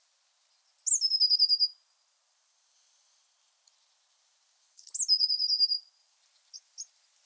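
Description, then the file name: Eurasian blue tit calls: two bursts, each a thin high note dropping into a rapid stuttering trill of short notes, about four seconds apart. "Cyanistes caeruleus"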